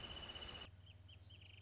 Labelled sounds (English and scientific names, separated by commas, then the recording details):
Wrentit (Chamaea fasciata)
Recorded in Sonoma County, California